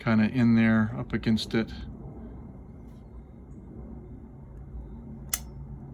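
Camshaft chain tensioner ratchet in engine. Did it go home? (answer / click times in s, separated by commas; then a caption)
yes / 5.3 s. A long flat-tip screwdriver is levered against a camshaft chain tensioner in an engine to push its ratchet one more notch. Someone talks for the first two seconds, then after a quiet stretch a single sharp metallic click sounds at 5.3 s. That click is the third ratchet click, confirming the tensioner has seated.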